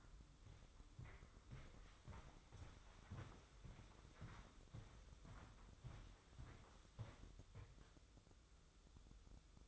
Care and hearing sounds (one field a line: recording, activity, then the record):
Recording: daily activity, microphone in the room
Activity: walk to room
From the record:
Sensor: 3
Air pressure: 995.6 hPa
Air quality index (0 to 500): 85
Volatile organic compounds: 8 ppm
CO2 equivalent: 2071 ppm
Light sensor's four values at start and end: 27/81/34/29 and 26/80/34/29